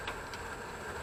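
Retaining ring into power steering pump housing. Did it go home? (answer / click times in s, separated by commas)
no / none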